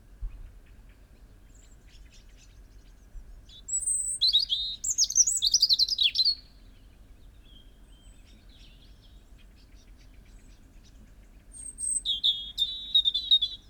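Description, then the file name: European robin song: a high whistle, then a varied phrase of sliding notes and trills, a long pause, and another twittering phrase near the end. "Erithacus rubecula"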